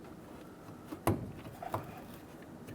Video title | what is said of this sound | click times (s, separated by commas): How to Replace Fuel Tank Pressure Sensor 1999-2006 Chevrolet Silverado 1500 (5.3L V8) | Line it up. Press it in. Listen for a click from that. | 1.1 s